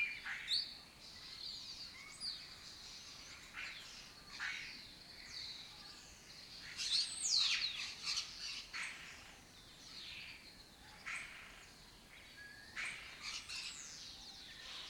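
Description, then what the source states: Lesser kestrel colony chatter: frequent short, scratchy calls in irregular bursts, louder around seven seconds. Breeding colony in an abandoned building in Doñana; migratory raptor that forages in West Africa and breeds in southern Europe.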